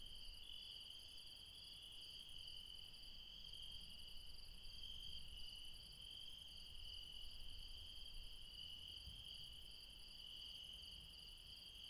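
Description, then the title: Insects keep up a continuous shrill chorus of layered trills, some slightly wavering, over a faint low background hum. Late night insects in the mountains at Refuge Krevatia near Dion, Greece. "Refuge Krevatia, Μπαρμπαλά, Dion 601 00, Greece - Late night mountain insects"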